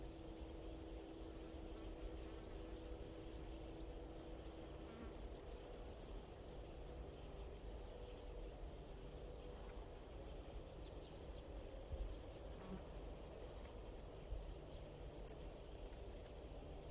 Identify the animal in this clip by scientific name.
Pholidoptera griseoaptera